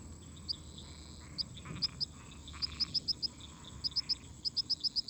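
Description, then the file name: Cricket gives scattered high chirps that gather into a quicker run toward the end, with bursts of lower buzzy frog and toad calls behind. Crickets singing constantly together with toads and frogs. "Grilos cantando constantemente em conjunto com sapos e ras"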